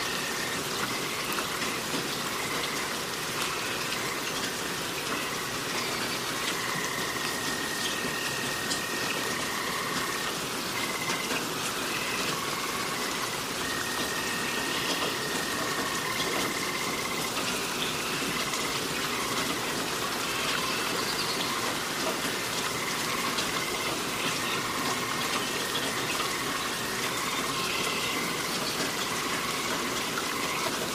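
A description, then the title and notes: Rain falls steadily outdoors in a forest, a dense, even hiss that holds at the same level for the whole half minute. A faint, thin tone drifts in and out around the middle, possibly an insect or bird, while a low rumble sits underneath. Relaxing Rain Sounds & Forest Ambience - White Noise.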